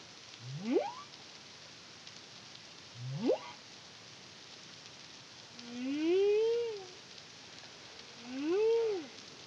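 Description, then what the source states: Humpback whale song: two quick rising whoops followed by two arching harmonic moans that rise then fall, all evenly spaced over faint hiss. Caribbean, CARIMAM project, 2023.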